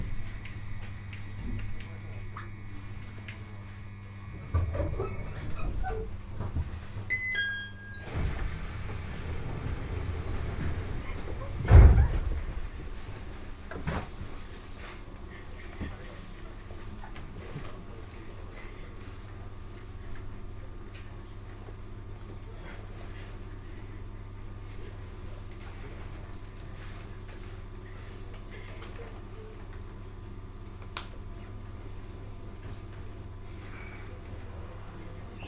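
A train journey on the Joban Line, with a steady low rumble running throughout. The first twelve seconds are busier, with brief tonal whines, knocks and a sharp thump near twelve seconds; afterward the ride settles into an even hum with faint scattered clicks.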